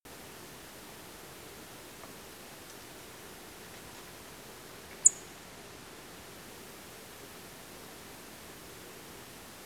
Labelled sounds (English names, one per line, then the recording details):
unidentified sound
Song Thrush
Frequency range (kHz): Song Thrush 6.5-10.7 kHz
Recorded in France